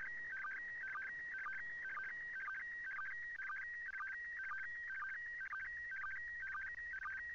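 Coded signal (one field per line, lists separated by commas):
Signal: SSTV (slow-scan television)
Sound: warbling tone shifting between pitches, with short low sync chirps about twice a second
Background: radio static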